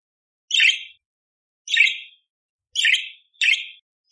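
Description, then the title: Budgerigar calls, harsh buzzy chirps repeated roughly once a second, each short and raspy with a slightly trailing end. Masteran training recording of budgerigar chatter, described as loud and clear with coarse 'tembakan' phrases, intended for training magpie-robins to imitate. "Masteran Burung Parkit Gacor Jernih Full Isian Tembakan Kasar Cocok Buat Kacer"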